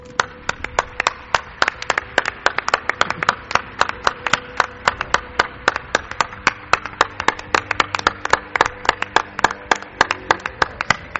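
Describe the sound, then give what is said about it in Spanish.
An audience applauds a guest being introduced on the Milenio 3 radio show, with many hands clapping in a dense, steady patter of sharp claps that keeps going evenly for about eleven seconds with no voices over it. “Y se llama, quiero un aplauso,”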